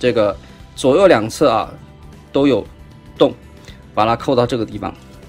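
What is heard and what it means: A plastic part is being clipped into the holes on both sides of the cannon of a Transformers Kingdom Leader Class Galvatron transforming figure, pushed up from below. Someone talks over background music throughout, with little handling sound. The part has not seated or clicked yet.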